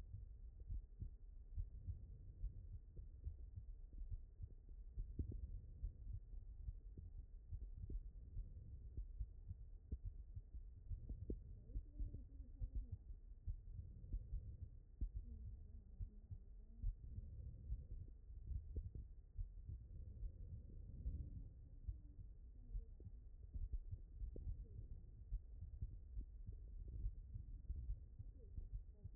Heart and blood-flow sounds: heart sounds by stethoscope; aortic valve (AV)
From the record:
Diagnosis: non-HFrEF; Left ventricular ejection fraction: 57%

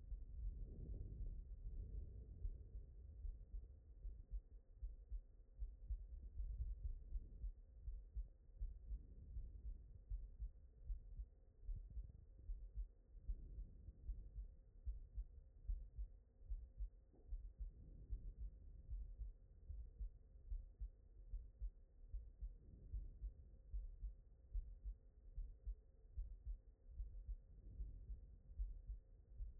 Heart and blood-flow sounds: heart sounds by stethoscope; aortic valve (AV)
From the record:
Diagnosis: non-HFrEF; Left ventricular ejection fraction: 63%

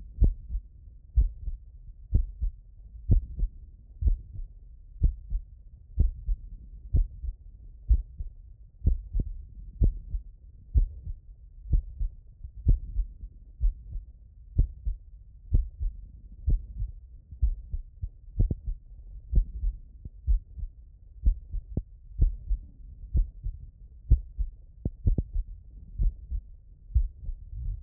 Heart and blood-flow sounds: heart sounds by stethoscope; tricuspid valve (TV)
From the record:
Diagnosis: HFrEF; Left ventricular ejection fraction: 24%

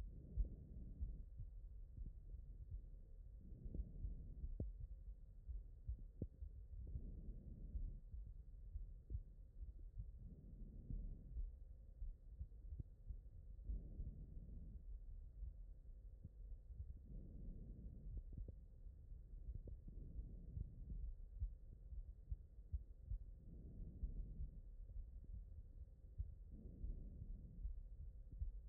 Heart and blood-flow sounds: heart sounds by stethoscope; aortic valve (AV)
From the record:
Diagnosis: non-HFrEF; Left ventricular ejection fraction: 46%

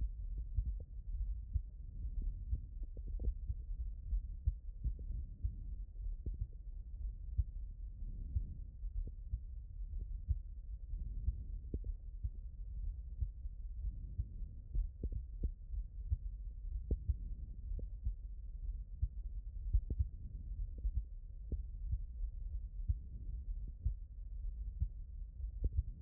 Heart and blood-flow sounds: heart sounds by stethoscope; aortic valve (AV)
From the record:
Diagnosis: non-HFrEF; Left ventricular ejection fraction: 73%

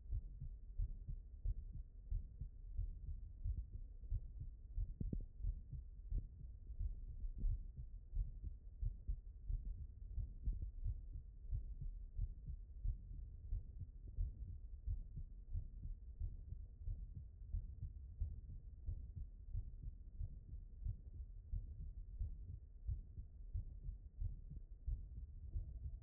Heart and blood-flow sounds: heart sounds by stethoscope; aortic valve (AV)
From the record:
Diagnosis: non-HFrEF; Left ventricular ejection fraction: 76%

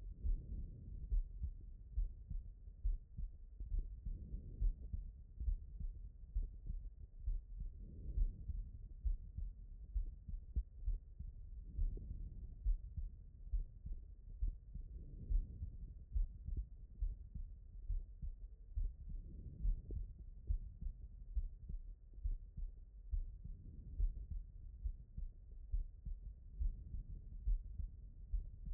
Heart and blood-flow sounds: heart sounds by stethoscope; aortic valve (AV)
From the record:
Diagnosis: non-HFrEF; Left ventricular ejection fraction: 69%

